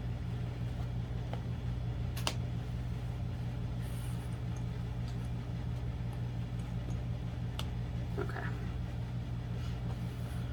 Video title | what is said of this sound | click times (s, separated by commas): Marcel Barrel Bag | All right, so those are snapped in place. | 2.3 s, 7.6 s